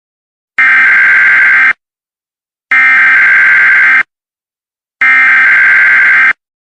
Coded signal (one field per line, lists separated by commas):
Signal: Emergency Alert System (SAME) tones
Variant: header bursts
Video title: Emergency alert system 1: Wind Advisory